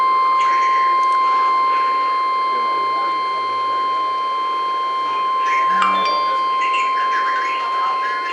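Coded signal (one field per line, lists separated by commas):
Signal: Emergency Alert System (SAME) tones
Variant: 1050 Hz attention tone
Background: speech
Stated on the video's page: NOAA weather radio tornado and severe thunderstorm warnings.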